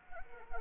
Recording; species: mosquito wingbeat signal from an infrared sensor; Anopheles arabiensis